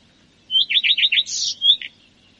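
Common redstart song phrase: a clear opening note, four rapid repeated slurred notes, then a brief jumbled, scratchy flourish.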